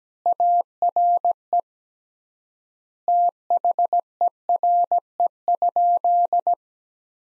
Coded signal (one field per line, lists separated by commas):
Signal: Morse code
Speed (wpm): 17 wpm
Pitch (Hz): 700 Hz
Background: none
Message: ARE THERE?